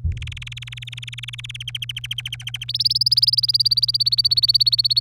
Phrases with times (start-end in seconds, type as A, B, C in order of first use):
0.11-1.57 A, 1.60-2.64 B, 2.68-5.00 C